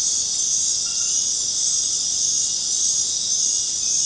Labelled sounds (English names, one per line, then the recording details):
none
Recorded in secondary vegetation near Puerto Asís, Putumayo, Colombia, on 25 June 2025 at 19:00
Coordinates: 0.484, -76.319
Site G074